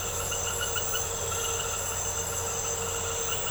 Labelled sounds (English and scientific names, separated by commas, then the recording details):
none
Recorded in secondary vegetation near Puerto Asís, Putumayo, Colombia, on 4 March 2025 at 22:30
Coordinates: 0.468, -76.324
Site G059